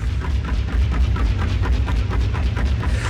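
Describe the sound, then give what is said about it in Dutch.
A machine fires tennis balls at 150 kilometres per hour against two sound boxes, producing a loud, rapid train of booming thuds in a steady rhythm over a constant low rumble, with no talking. “En die schieten die tennisballen af tegen twee klankkasten.”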